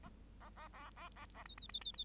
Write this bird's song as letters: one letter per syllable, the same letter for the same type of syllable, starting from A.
A A A A A A A B B B B B